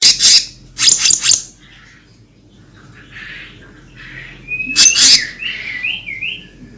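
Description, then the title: Bird song: loud harsh bursts at the start, soft scratchy notes, then a rising whistle and short looping whistled phrase near the end. Recording used as a lure for trapping; described as singing energetically with rolling trills and filler phrases. "BURUNG SELENDANG BIRU GACOR NGEROLL ISIAN"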